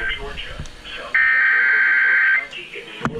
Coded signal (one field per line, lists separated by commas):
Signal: Emergency Alert System (SAME) tones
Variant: header bursts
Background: speech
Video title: WXK56 Steals The Show | EAS Alerts From 8/6/20 thru 8/7/20 | EAS #159.5-164